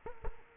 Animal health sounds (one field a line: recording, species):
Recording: mosquito wingbeat signal from an infrared sensor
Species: Culex quinquefasciatus